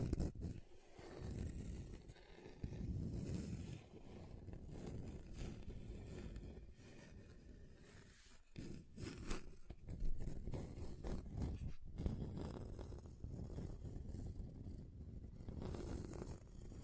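Table scratching across different surfaces, a continuous rough scraping that runs the whole time with shifting texture and pressure. Low rumbling grind dominates, with brief sharp bright scratches standing out near 8, 10 and 12 seconds, and short pauses between strokes.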